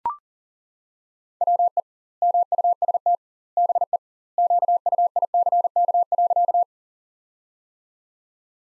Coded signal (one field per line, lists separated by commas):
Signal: Morse code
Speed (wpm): 40 wpm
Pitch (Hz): 700 Hz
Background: none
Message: WE MUST BE QUICK.